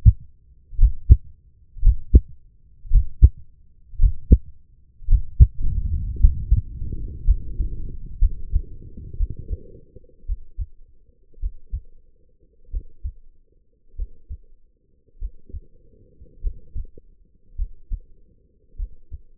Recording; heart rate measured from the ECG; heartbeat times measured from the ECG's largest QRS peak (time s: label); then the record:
heart sounds by stethoscope; 53 bpm
0.78 s: heartbeat
1.82 s: heartbeat
2.90 s: heartbeat
3.98 s: heartbeat
5.07 s: heartbeat
6.19 s: heartbeat
7.24 s: heartbeat
8.19 s: heartbeat
9.17 s: heartbeat
10.26 s: heartbeat
11.40 s: heartbeat
12.70 s: heartbeat
13.96 s: heartbeat
15.18 s: heartbeat
16.41 s: heartbeat
17.55 s: heartbeat
18.76 s: heartbeat
From the record:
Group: healthy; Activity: breath hold 0-4 s, rest 4-19 s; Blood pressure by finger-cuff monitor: 120/77 mmHg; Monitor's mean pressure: 90 mmHg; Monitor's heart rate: 53 bpm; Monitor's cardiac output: 4.3 L/min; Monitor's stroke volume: 82 mL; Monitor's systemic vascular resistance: 1430 dyn s/cm5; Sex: female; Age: 23 years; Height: 160 cm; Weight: 50.4 kg